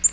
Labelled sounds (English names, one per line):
Black-throated Green Warbler flight call